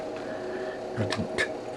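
A model caboose is pushed back onto a freight wagon after a failed attempt. Its coupling engages with a small, sharp click at 1.1 s over a steady low hum. Another brief tick follows near 1.4 s.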